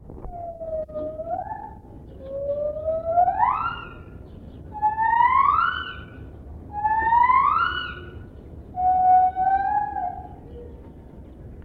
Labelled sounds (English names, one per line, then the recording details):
Lar Gibbon
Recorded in captivity
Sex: female
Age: adult
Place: Tierpark Berlin, Berlin, DE
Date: 1967-12-31
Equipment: R 20/1, Sennheiser MD 421
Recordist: Tembrock, Günter
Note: Rufreihen des dunkleren Weibchens, das sich im Innenraum befindet (von außen aufgenommen)